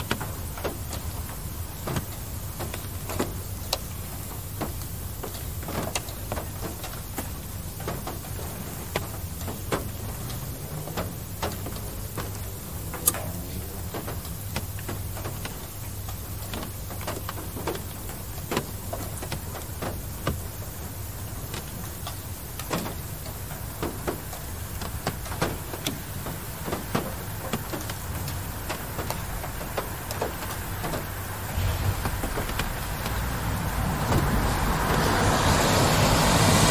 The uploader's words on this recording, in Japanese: 疲れた心を癒してくれる小雨の音 夜 車。DR-07X #TASCAM #オーストラリア #環境音 #バイノーラル。